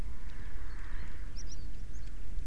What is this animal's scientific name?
Fringilla coelebs